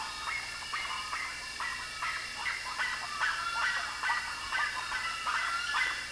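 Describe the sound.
Birds calling: quick, buzzy notes with some short whistles, repeated roughly twice a second, blended with background hiss.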